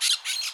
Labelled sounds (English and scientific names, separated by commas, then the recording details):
Brown-throated Parakeet (Eupsittula pertinax) contact call
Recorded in Curacao
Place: along powerline, near entrance of Santa Barbara resort
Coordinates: 12.068, -68.844